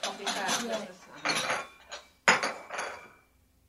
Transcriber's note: sound of cups being set out